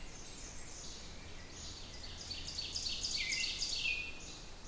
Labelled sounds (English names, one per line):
Ovenbird song